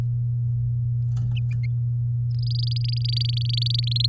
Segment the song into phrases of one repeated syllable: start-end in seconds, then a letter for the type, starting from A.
2.31-4.07 A